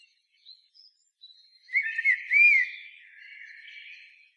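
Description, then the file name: Common blackbird giving a single fluty song phrase with an arched whistled note, trailing into a soft, drawn-out warble after faint opening notes. "Turdus merula"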